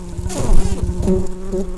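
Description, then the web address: Red-tailed bumblebee buzzing: a steady, low droning hum with flickering overtones that swells and fades slightly throughout. Queens. "bumblebees Lapidarius-queens"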